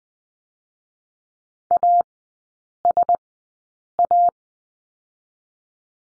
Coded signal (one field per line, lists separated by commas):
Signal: Morse code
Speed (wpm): 19 wpm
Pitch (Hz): 700 Hz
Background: none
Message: A S A